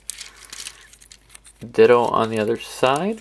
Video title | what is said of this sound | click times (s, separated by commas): DOTM Megatron Review | lock it into place | 0.1 s